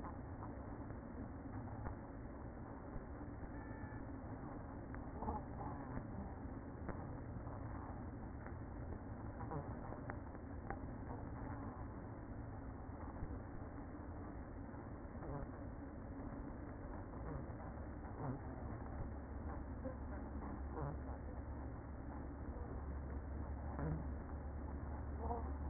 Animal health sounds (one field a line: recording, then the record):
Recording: honeybee colony, microphone inside the hive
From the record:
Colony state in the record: queen present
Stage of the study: after two queens were removed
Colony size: about 60,000 bees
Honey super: yes